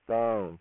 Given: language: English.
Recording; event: throat vibration sensor signal played as sound; speech